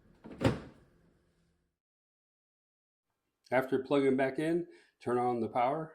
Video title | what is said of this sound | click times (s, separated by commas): Effortless Water Bucket Setup Step by Step Guide, Frigidaire 50 Pint Dehumidifier | carefully slide in the water bucket and should snap right into place | 0.4 s